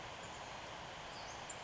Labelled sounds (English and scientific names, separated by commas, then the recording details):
Western Flycatcher (Empidonax difficilis)
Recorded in Sonoma County, California